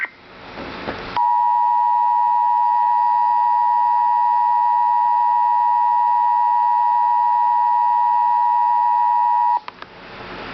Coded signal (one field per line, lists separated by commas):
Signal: Emergency Alert System (SAME) tones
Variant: 853 and 960 Hz attention tone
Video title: Real EAS Alert #12 - Tornado Emergency